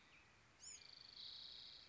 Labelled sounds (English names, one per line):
Bewick's Wren